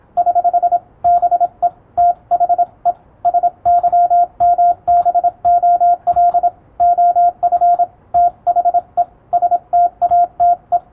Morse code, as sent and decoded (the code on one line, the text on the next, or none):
....... / -... . / - .... . / ... -.-- -- -... --- .-.. / --- ..-. / - .... . / ... - .- - .
<HH> BE THE SYMBOL OF THE STATE